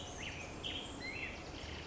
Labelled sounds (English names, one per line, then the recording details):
Black-headed Grosbeak
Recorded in Sonoma County, California